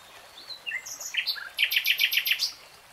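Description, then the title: Nightingale song: a few varied whistled notes followed by a quick series of bright, repeated chattering notes. Nightingale singing in real time. "[Tiếng chim hót] 3 Hours REALTIME Nightingale Singing"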